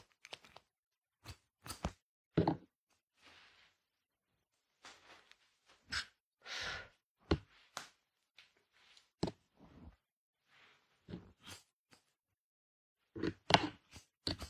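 A haircut: short, crisp snips and clicks come irregularly, often in quick pairs or clusters. Around the middle, a longer soft hiss stands out, and there are brief silent gaps between bursts.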